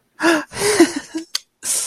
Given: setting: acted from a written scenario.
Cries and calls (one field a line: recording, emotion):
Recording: vocal sound without words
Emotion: positive surprise